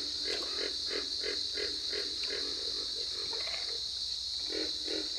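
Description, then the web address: Pig frog grunting, a series of low croaks at about three per second, then a pause and two more, over steady high trilling. "Solitudes Frog Song. Pig Frog"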